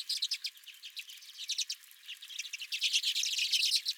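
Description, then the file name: Redpolls giving dense, rapid chattering calls, many short buzzy notes overlapping in bursts that swell louder toward the end. Several redpolls at the recordist's feeder. "Redpolls at My Feeder"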